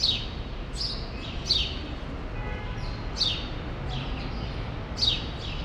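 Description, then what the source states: Sparrows give sparse, sharp downward chirps, a few at a time with short pauses between them, over a low background rumble. Group of sparrows in a small remnant of a once-large grove, Rue Saint-Jean Népomucène, Brussels, Belgium; recorded with Earsight V2 AB microphones into a Zoom F3.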